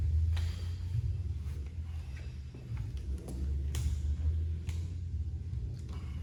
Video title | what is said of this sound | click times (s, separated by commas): Module2 Diverse Prosthetic Technologies | I don't know if you could hear it. It kind of clicks into place. Typically for me, like 2 or 3 clicks means it's on there | 0.4 s, 3.0 s, 3.7 s